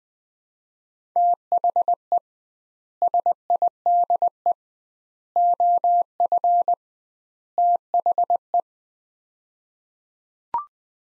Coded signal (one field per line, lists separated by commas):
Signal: Morse code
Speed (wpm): 20 wpm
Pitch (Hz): 700 Hz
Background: none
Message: THE SIDE OF THE